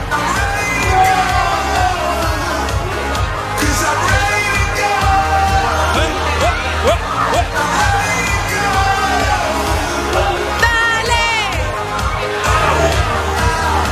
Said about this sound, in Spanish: Últimos gritos de la noche, vamos, vamos. Quiero escuchar esos gritos de las chicas solteras y los chicos solteros.